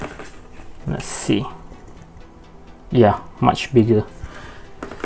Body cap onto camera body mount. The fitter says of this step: not going to work but it's working very well you can even hear the clicking sound